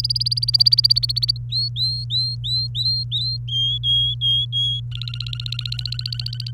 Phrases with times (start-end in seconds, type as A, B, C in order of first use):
0.00-1.37 A, 1.51-3.37 B, 3.48-4.80 C, 4.92-6.51 D